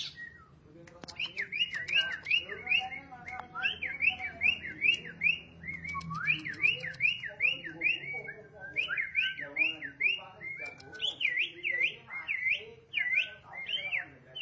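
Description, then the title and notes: Starling song built from loud zigzag whistles, rising and falling, repeated in rhythmic runs over several seconds with softer chatter beneath. "suara burung jalak"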